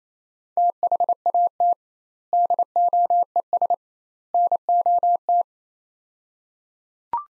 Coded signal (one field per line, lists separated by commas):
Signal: Morse code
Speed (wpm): 28 wpm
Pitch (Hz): 700 Hz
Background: none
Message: THAT DOES NOT